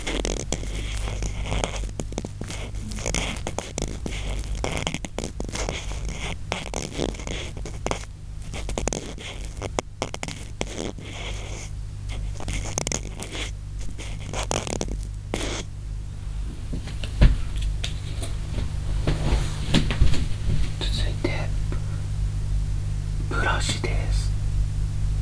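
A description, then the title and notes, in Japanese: Dense scratching and brushing of an ear cleaning with a swab and brush, busy for fifteen seconds, then sparser rustles over a steady low hum. ザツな耳かき…3種の神器/綿棒/ブラシ。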